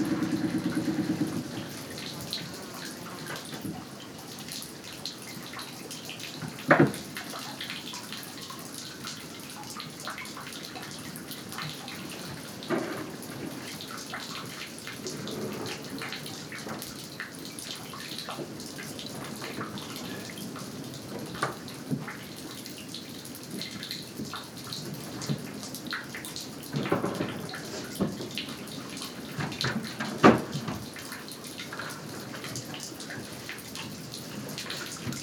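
Water flows beneath a pontoon, a steady rushing wash that fills the whole clip with a dense, even hiss. Scattered sharper splashes and knocks break through now and then, with stronger ones near 7, 27 and 30 seconds. The first second is louder and lower.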